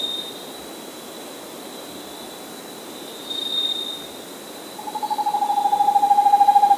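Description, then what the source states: Vermiculated screech owl's rapid pulsed trill entering near the end and growing louder, over soft background hiss. South America.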